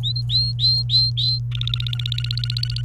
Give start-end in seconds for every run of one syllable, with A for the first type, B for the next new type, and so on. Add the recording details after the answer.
0.03-1.39 A, 1.51-2.82 B. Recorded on 29 April 2018 at 09:04. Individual llb3